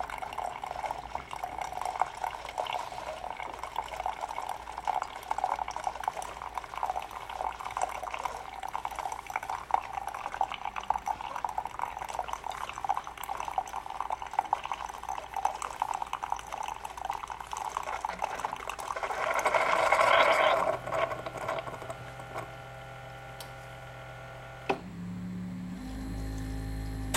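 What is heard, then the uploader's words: Someone making tea: a steady stream of liquid pours for about twenty seconds, rising to a brighter splash near the twentieth second. It then stops, leaving quiet clinks and a low hum, ending with a deep thud. Making tea.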